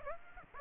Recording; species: mosquito wingbeat signal from an infrared sensor; Aedes aegypti